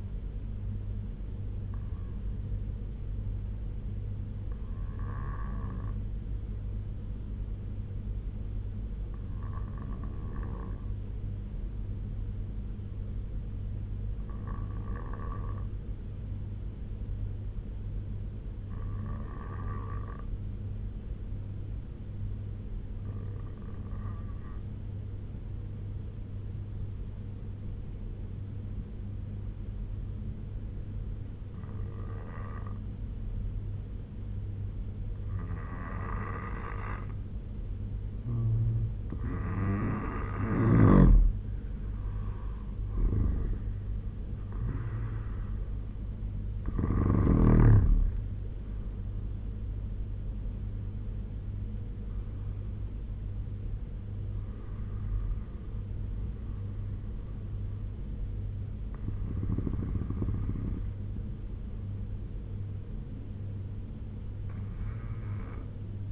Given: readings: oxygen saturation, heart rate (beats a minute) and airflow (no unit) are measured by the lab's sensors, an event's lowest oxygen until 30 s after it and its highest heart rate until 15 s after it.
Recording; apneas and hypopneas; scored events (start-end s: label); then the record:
breathing in sleep by a smartphone at the bedside; 1
6.00-38.90 s: obstructive apnea (N2, oxygen 95% highest, then 86% lowest, heart rate 74 at the start, 83 highest)
From the record:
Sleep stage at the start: N2 (light sleep); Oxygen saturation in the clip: 86 to 96%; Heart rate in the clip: 68 to 83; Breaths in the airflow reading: 6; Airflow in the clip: -7.5 to 8.7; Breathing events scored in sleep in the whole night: 201 in 6.5 hours asleep